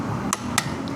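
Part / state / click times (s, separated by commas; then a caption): torque wrench on scooter torque drive nut / torque reached / 0.3 s, 0.6 s. A torque wrench set to 54 Nm tightens the torque drive nut on a Honda ADV 160 scooter CVT. Two sharp metallic clicks ring out at 0.3 s and 0.6 s as the wrench reaches its setting, confirming the nut is torqued to spec, with a fainter tick near 0.9 s over a steady low background hum.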